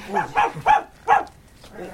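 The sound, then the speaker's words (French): Milou, Tintin's dog in Les 7 Boules de cristal, barks four times in quick, uneven succession, frightened by the mummy Raskar Kapak, each yelp short and high-pitched, followed by a faint trailing whimper. “C'est notre ami Raskar Kapak qui a effrayé votre chien.”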